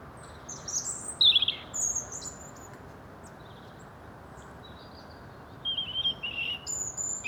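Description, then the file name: European robin singing thin, high warbled phrases that slide and tumble, broken by a pause, with a steady hiss behind. "Erithacus rubecula"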